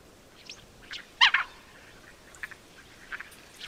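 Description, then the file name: Mandarin duck giving a short, sharp squeaky note at about one and a quarter seconds, with a few fainter high chirps scattered around it. "pato-mandarín-Aix-galericulata"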